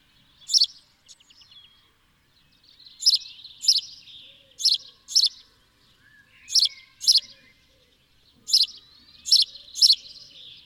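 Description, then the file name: House sparrow chirps: sharp, bright notes, often in quick pairs, repeated throughout over a soft high twittering in the background. "Passer domesticus"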